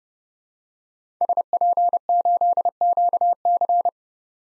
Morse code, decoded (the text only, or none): SP8QC